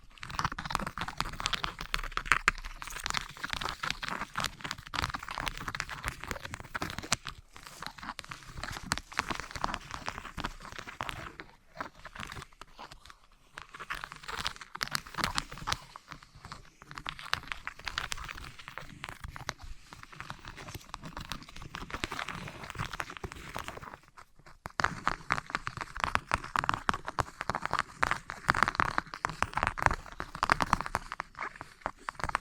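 Materials such as wood, cork, sponge, foam, glass and plastic are handled and rubbed together in a dense, rapid clatter of small clicks, scrapes and squeaks. The sound comes in busy stretches broken by short pauses around 7, 12 and 24 seconds.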